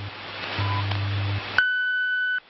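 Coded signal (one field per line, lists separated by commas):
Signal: radio time signal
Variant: WWV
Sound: hissy shortwave static with a short faint tick, then a steady high tone lasting under a second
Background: radio static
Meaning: The long 1500 Hz tone marks the start of the hour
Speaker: at the tone two hours zero minutes coordinated universal time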